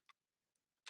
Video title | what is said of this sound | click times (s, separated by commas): Join Me for My Live!! Fara Homidi Blonzers, Nordstrom Anniversary Sale Preview and July Sizzlers! | Hear the little click. | 0.9 s